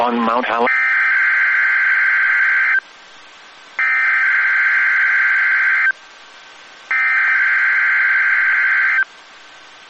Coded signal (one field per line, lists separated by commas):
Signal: Emergency Alert System (SAME) tones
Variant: header bursts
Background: speech